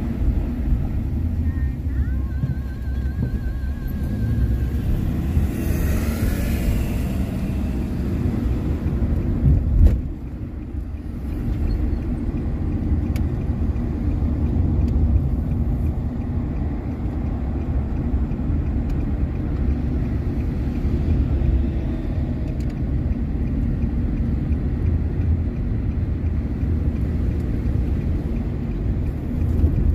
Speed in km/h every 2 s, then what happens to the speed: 11, 15, 23, 31, 31, 31, 32, 31, 30, 31, 31, 32, 33, 37, 36.
1-6 speeds up to 31. 6-30 steady at about 31.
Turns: 14-25.